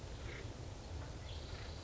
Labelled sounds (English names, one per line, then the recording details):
Acorn Woodpecker
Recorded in Sonoma County, California